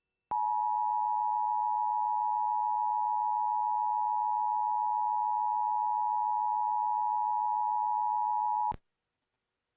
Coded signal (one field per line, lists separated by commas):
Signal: Emergency Alert System (SAME) tones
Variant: 853 and 960 Hz attention tone